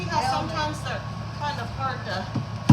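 Someone talks while handling a click-lock floor plank at the joint of the neighbouring plank; these planks are sometimes hard to get in and may have to be pushed. A short, sharp tap sounds near 2.7 s as the clip ends, but the plank has not clicked or seated into the joint yet.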